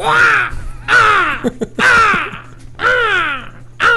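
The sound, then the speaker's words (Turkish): A person imitates a seagull with four loud, harsh squawks, each sliding downward in pitch, evenly spaced with brief clicking sounds in the gaps and a low steady hum underneath. “Ama martının sesi de bir çirkin. Bir yap onu, sen bir çok güzel yapıyordun.”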